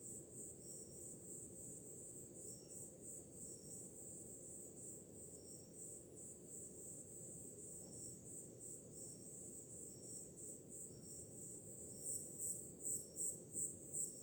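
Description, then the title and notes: Crickets chirping in a high, steady pulse about three times a second, growing louder near the end, over a constant low rushing wash like surf. Crickets on a summer night, with ocean waves in the background. "Som do mar ao fundo, grilos e cigarras em uma noite de verão – Ocean, crickets and cicadas in a summer night"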